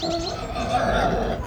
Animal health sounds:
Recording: contact call of a hoofed animal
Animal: wild boar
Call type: grunt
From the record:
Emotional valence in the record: negative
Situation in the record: naturally occurring agonistic interactions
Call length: 1.47 s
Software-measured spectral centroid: 2130 Hz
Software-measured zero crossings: 2170 a second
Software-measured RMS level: -24 dBFS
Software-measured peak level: -9 dBFS

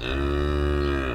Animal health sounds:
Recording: contact call of a hoofed animal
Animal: cattle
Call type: low-frequency (closed-mouth) or high-frequency (open-mouth) call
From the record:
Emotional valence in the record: negative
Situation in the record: full separation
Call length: 1.15 s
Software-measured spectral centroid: 1820 Hz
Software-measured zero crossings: 1170 a second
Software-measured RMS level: -24 dBFS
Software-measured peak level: -12 dBFS

